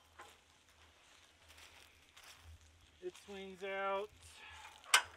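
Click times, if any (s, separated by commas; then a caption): 4.9 s. A steel swing-out tire carrier arm on a rear bumper is swung open into its hinge lock while someone talks over faint background noise. A sharp metallic clunk at 4.9 s marks the latch catching and holding the arm open, and it is seated.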